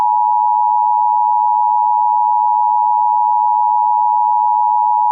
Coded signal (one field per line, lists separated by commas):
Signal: Emergency Alert System (SAME) tones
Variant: 853 and 960 Hz attention tone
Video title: EAS Recreation (7/29/25): 2025 Hawaii Tsunami Warning (CDW)